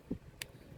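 A plastic leg panel on a transforming robot toy is folded up so its tab goes into a slot. A low thump at 0.1 s is followed by a sharp, bright snap at 0.4 s as the tab seats in the slot.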